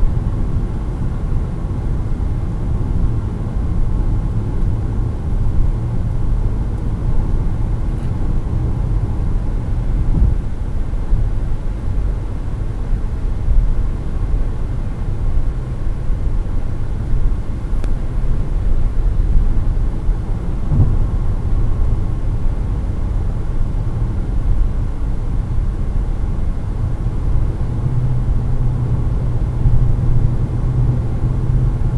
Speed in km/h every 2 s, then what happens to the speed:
128, 124, 116, 117, 122, 127, 128, 128, 128, 126, 120, 117, 116, 117, 119, 122.
0-4 slows to 116. 4-11 speeds up to 128. 11-23 slows to 116.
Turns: none.